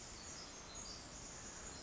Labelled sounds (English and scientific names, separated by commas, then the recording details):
Pacific Wren (Troglodytes pacificus)
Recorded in Sonoma County, California